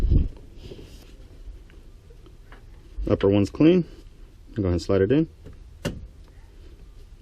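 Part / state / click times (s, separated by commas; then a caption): upper transmission cooler line into radiator fitting / seated / 5.8 s. On a Chevrolet Silverado/GMC Sierra 5.3L, the cleaned upper transmission cooler line is slid into the radiator quick-connect fitting while someone talks. A sharp click at 5.9 s marks the retainer clip snapping, and the line is seated in the radiator.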